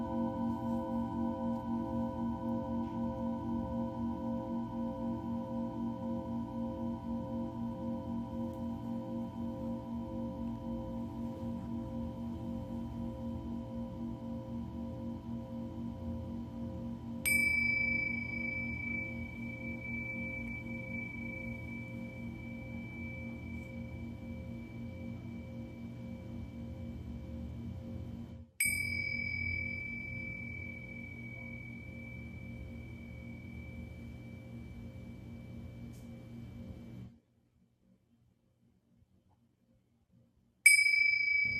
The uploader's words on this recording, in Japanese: メキシコから シンギングボウルのサウンドヒーリング ライブ。